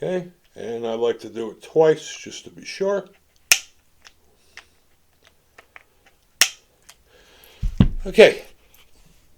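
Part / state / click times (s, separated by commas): torque-limiting driver on optic mounting screw / torque reached / 3.5 s, 6.4 s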